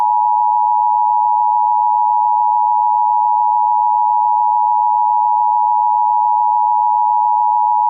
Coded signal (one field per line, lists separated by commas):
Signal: Emergency Alert System (SAME) tones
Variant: 853 and 960 Hz attention tone